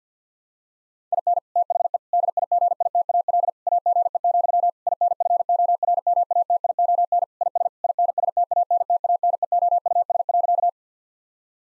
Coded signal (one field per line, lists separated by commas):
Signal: Morse code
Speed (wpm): 50 wpm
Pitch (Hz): 700 Hz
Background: none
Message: IN THE DIGITAL AGE, INFORMATION IS INSTANTANEOUS.